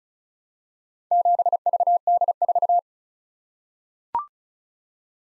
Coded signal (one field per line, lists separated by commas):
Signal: Morse code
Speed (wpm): 36 wpm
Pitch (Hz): 700 Hz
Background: none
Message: 7VD4